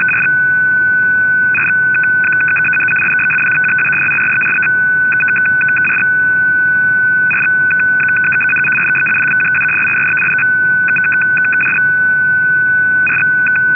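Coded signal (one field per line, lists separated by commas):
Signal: numbers station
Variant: F06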